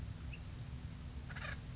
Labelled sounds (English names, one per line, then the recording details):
Acorn Woodpecker
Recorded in Sonoma County, California